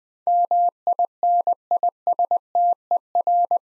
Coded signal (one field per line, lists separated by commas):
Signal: Morse code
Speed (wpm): 20 wpm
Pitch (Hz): 700 Hz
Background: none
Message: MINISTER